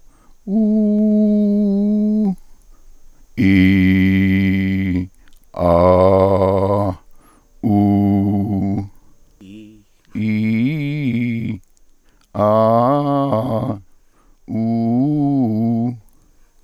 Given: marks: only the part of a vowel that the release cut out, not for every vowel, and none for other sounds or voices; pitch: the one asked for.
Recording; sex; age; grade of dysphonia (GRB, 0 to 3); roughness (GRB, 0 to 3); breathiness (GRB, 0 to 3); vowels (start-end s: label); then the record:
sustained vowels; male; 50 to 59 years; 3; 3; 2
0.65-2.24 s: vowel /u/, high pitch
3.47-4.92 s: vowel /i/, low pitch
5.65-6.84 s: vowel /a/, low pitch
7.68-8.73 s: vowel /u/, low pitch
10.19-11.50 s: vowel /i/, low-high-low pitch
12.45-13.63 s: vowel /a/, low-high-low pitch
14.56-15.89 s: vowel /u/, low-high-low pitch
From the record:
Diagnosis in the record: dysphonia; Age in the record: 58 years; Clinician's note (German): Ponogen, mit psychischer Komponente